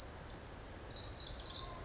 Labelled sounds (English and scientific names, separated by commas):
Pacific Wren (Troglodytes pacificus)